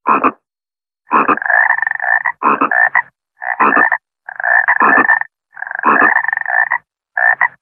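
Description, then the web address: Frog croaking in loud, harsh, buzzy bursts, some short and clipped, others drawn out over a second, separated by brief silences. "kurbagalar"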